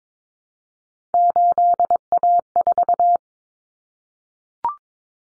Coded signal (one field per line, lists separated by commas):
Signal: Morse code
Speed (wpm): 22 wpm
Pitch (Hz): 700 Hz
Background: none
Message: 8A4